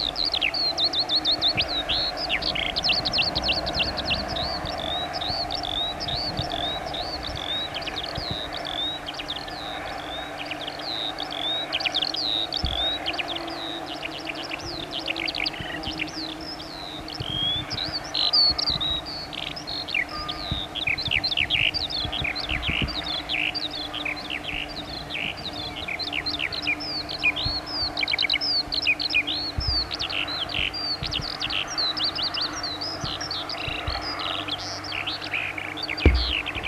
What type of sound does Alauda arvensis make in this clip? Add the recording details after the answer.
song. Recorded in the wild. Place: Jagstheim, Baden-Württemberg, DE. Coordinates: 48.8881, 10.39. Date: 1971-05-31. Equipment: Uher Report 4200, AKG D190C in Doppel-Parabolreflektor. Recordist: Krey, Winfried